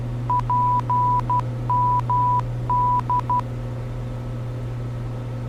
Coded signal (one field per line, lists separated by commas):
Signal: Morse code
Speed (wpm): 12 wpm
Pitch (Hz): 990 Hz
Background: none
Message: PMD